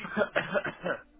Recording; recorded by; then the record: voluntary cough; telephone call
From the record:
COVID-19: positive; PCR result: self-reported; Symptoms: yes